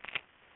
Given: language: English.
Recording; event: throat vibration sensor signal played as sound; swallow